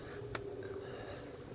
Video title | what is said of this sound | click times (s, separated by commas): How to install spark plugs | and just kind of twist it as you put it on you know you'll hear it kind of snap into place to | 0.4 s